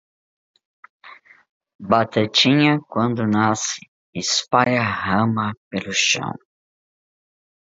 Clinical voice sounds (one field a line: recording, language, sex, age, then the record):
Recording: short text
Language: Brazilian Portuguese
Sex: female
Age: 60 to 69 years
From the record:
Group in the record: control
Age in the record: 64 years